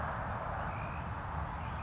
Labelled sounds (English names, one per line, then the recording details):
California Towhee
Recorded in Sonoma County, California